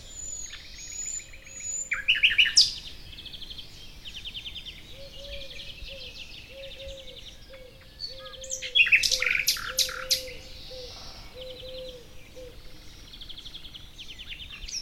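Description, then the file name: Common nightingale song in bursts: rapid chirping trills and sharp whistles, with a low soft note repeating behind. "Luscinia megarhynchos"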